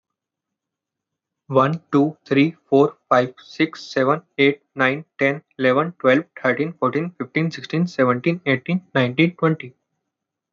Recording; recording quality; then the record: counting at a fast pace; poor, much background noise or distortion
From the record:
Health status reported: healthy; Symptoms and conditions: none ticked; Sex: male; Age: 19 years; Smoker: not ticked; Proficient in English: yes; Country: India